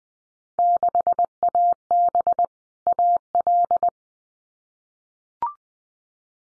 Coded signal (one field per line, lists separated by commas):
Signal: Morse code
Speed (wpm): 20 wpm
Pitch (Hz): 700 Hz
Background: none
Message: 6AB AL